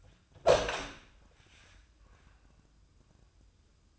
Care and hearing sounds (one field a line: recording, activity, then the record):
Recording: daily activity, microphone in the room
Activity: open door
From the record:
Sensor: 2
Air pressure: 1004.7 hPa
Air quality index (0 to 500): 74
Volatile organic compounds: 1 ppm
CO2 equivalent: 877 ppm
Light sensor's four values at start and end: 7/16/7/7 and 7/17/7/7